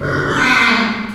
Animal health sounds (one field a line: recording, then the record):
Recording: squeal of a Yucatan mini pig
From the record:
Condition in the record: after surgery on the right vocal fold (resection and tissue-engineered implant)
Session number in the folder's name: 15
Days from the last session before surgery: 175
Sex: female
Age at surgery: 19 weeks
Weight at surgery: 25 kg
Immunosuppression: prednisolone